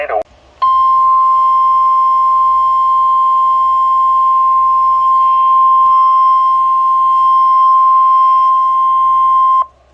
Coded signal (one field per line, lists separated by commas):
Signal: Emergency Alert System (SAME) tones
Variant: 1050 Hz attention tone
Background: speech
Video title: EAS Alerts as of 6/8/22 (EAS #116-139)